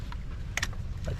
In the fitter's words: such until it clicks.